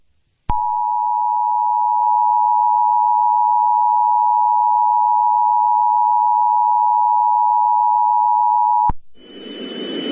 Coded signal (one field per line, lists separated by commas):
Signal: Emergency Alert System (SAME) tones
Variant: 853 and 960 Hz attention tone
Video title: EAS Scenario #1: The Nationwide Mega Hurricane